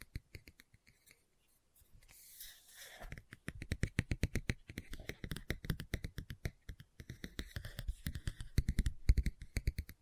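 Fingers tap a book in quick, dense bursts, with a brief rustling scratch around two to three seconds before the steady tapping resumes.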